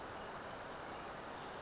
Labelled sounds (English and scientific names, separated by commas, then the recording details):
Western Flycatcher (Empidonax difficilis)
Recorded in Sonoma County, California